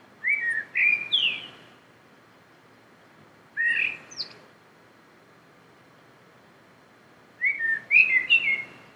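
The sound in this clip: Common blackbird song: three short fluted phrases, some with a high scratchy ending, separated by long pauses over a faint background hiss.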